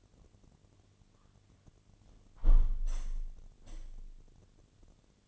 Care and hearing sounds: daily activity, microphone in the room; close window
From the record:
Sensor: 4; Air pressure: 1007.3 hPa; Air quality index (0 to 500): 190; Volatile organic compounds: 6 ppm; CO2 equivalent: 1889 ppm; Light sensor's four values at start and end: 23/73/28/27 and 23/73/28/27

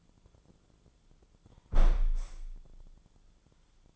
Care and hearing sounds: daily activity, microphone in the room; close window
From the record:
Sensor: 5

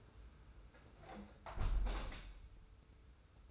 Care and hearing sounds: daily activity, microphone in the room; close window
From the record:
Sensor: 2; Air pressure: 991.2 hPa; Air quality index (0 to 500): 126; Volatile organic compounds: 115 ppm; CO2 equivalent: 3847 ppm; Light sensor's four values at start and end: 37/108/43/41 and 37/108/42/40

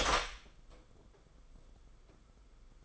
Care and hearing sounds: daily activity, microphone in the room; open door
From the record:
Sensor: 5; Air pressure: 990.6 hPa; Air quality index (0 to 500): 151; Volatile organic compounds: 172 ppm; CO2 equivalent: 4111 ppm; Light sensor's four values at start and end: 27/64/26/28 and 27/65/27/29

